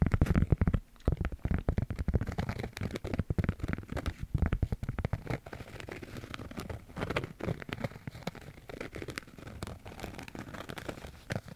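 Tapping and scratching on wood and cork, a dense run of quick, irregular knocks and scrapes with no pauses. The strokes are soft and low, louder in the first few seconds, then settling to a steadier, slightly quieter texture with occasional sharper taps.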